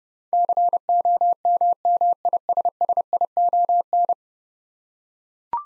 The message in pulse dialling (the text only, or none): none